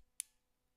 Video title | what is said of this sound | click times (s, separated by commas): MK Indy RX-5 Kit Car - Installing a Mazda MX-5 Wiring Loom - Part 2 | here that snap so that's now kept into the tool | 0.2 s